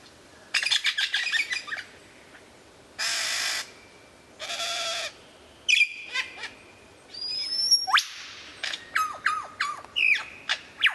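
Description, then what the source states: White-rumped Shama: songbird giving harsh buzzy bursts and rattles, then a run of sharp whistled upslurs and chips. Described as the best murai batu of 2014, used for mastering (song training).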